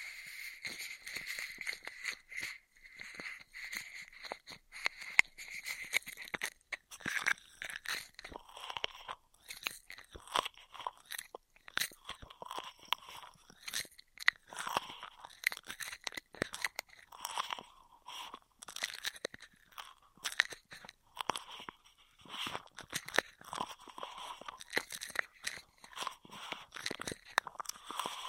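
Dense crinkly straw triggers crackle and snap almost constantly for the whole stretch, with quick irregular bursts several times a second. The sound is bright and papery with a crunching, chewing-like texture, and some passages carry a faint ringing squeak.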